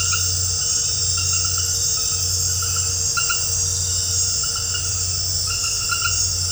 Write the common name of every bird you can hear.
none